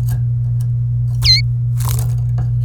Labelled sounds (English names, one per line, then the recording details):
Domestic Canary song
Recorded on 27 April 2018 at 09:58
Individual llb3